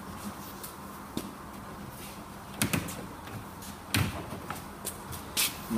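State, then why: Not seated. A wardrobe door on a prototype wardrobe is put in position and slid down onto its hinge or track fitting on the wardrobe frame, with several knocks at about 2.6, 2.7, 4.0, 4.5 and 4.9 seconds. Nothing has seated or locked into place yet.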